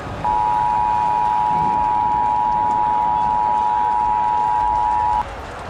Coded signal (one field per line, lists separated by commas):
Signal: Emergency Alert System (SAME) tones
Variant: 853 and 960 Hz attention tone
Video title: EAS Scenario: Yukina Part 1